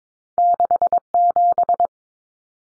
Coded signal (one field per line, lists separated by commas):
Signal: Morse code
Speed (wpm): 22 wpm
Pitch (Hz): 700 Hz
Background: none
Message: 67